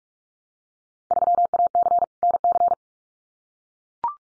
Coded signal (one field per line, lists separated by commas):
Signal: Morse code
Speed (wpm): 44 wpm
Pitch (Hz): 700 Hz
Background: none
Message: 3AC NC